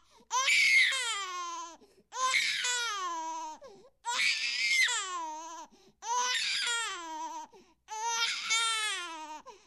Newborn Baby Crying.